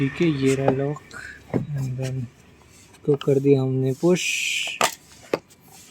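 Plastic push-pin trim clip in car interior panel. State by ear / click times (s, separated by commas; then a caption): released / 4.8 s, 5.3 s. Someone talks while the centre pin of a plastic push-pin trim clip in a Wagon R's interior panel is pushed in with a screwdriver. Sharp clicks are heard at 4.8 s and 5.3 s as the pin goes fully in and the clip body pops out, releasing the clip.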